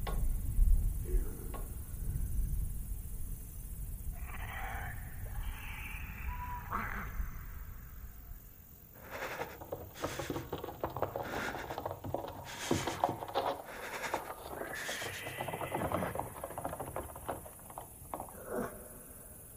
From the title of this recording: lost in the dark village Asmr ambience